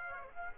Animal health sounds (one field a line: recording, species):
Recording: mosquito wingbeat signal from an infrared sensor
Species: Aedes aegypti